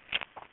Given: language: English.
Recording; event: throat vibration sensor signal played as sound; swallow